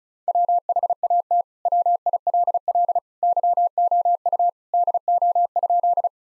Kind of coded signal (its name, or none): Morse code